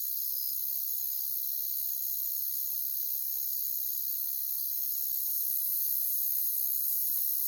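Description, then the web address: Crickets in a continuous, even, high shrill drone with no clear breaks, holding steady throughout. "Nature Songs Nature Sounds Sounds of Nature Collection Crickets"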